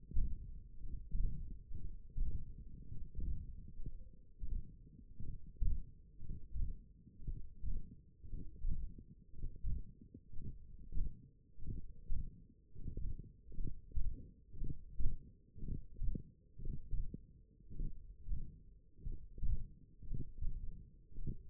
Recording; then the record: forearm muscle sounds (acoustic myography)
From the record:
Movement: index flexion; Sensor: system 1, eight BSWA MPA416 microphones around the upper forearm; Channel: 4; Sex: male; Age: 42 years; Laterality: right